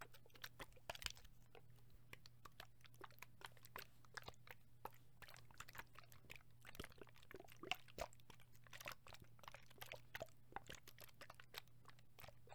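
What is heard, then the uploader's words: Foamy liquid shaking crackles with dense, irregular clicks and pops throughout, over a steady low hum that holds for the whole clip. ASMR Liquid Shaking Heaven. Foamy liquid sounds.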